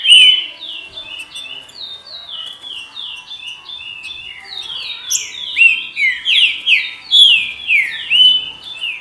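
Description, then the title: Green-winged saltator song, a rapid string of descending whistles growing louder toward the end, with sharp high chips over a faint hum. "Trinca Ferro"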